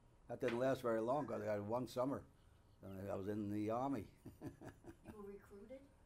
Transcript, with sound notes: That didn't last very long because I had one summer and then I was in the Army (he laughs)
You were recruited?